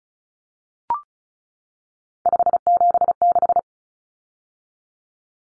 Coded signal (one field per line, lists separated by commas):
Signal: Morse code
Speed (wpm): 34 wpm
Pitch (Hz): 700 Hz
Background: none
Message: 576